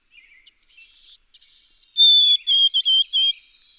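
White-throated sparrow whistling its song: two sustained high notes, a lower held tone, then several short repeated notes.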